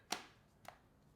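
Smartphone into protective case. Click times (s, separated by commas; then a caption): 0.1 s. An iPhone 15 Pro Max is pressed into a semi-rigid plastic Magbak protective case, giving a sharp, bright click at 0.1 seconds and a softer second snap at about 0.7 seconds. The phone seats in the case with a decent click.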